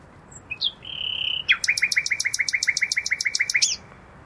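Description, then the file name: Common nightingale song: soft notes leading into a sustained tone, then a fast, even run of many crisp repeated notes ending abruptly. "Luscinia megarhynchos"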